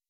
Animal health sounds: hydrophone in a shrimp aquaculture tank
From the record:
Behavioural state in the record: weakened

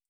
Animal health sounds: hydrophone in a shrimp aquaculture tank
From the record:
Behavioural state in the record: feeding

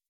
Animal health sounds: hydrophone in a shrimp aquaculture tank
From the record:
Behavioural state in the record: weakened

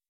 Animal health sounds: hydrophone in a shrimp aquaculture tank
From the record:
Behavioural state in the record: weakened

